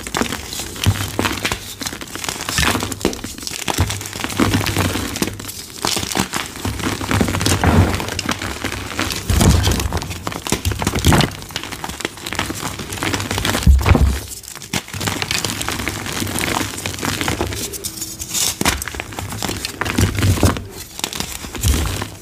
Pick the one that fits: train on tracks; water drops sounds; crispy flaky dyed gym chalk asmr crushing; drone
crispy flaky dyed gym chalk asmr crushing